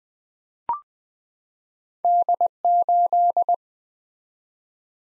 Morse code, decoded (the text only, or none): D8